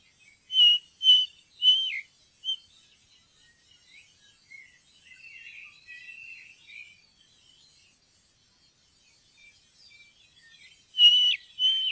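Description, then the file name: Ring ouzel calls: a few loud whistled notes near the start, soft warbling in the middle, then two more whistled notes at the end. "ringtrost"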